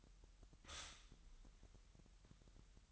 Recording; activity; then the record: daily activity, microphone in the room; stop toaster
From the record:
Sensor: 3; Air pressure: 1001.9 hPa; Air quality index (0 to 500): 247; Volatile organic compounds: 50 ppm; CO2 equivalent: 3299 ppm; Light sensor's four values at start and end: 13/39/17/15 and 13/40/17/15